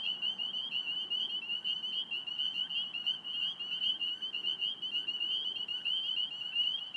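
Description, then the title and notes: Spring peeper chorus, a continuous wall of shrill high peeps from many frogs, short notes overlapping without pause, soft traffic noise low in the background. Spring peepers calling at 8:06 pm on 27 March 2017 in Alexandria, Virginia, USA; cattail and grass habitat recently mowed; traffic noise from Fort Hunt Road; recorded on iPhone 6+. "Spring Peepers calling despite their habitat having been recently mowed down (cattails, grasses). Traffic noises in background from Fort Hunt Rd. Alexandria, VA. Recorded 032717 at 8:06pm"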